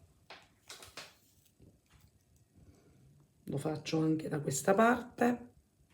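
The second metal snap hook of a shoulder strap is handled toward the ring on the other side of a crocheted velvet bucket bag, with a few faint, brief handling sounds near 0.3, 0.7 and 1.0 s. Someone then talks, and the clip ends before the hook goes home, so nothing has seated or clicked yet.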